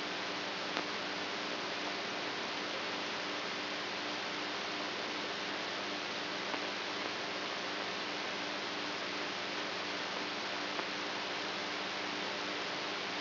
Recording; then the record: brain microelectrode recording played as sound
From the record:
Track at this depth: outside the subthalamic nucleus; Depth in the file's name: 6.108 mm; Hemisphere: right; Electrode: 3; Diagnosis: Parkinson's disease